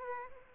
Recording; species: mosquito wingbeat signal from an infrared sensor; Aedes aegypti